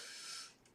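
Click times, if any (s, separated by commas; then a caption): none. A snap-in part, likely the DOS card or a plastic retainer, is handled and pressed toward its place in a Power Mac 6100 case. A broad, airy scraping rustle fills the high frequencies for about half a second, then fades, with a faint brief scuff near 0.65 s. Nothing has seated or clicked yet.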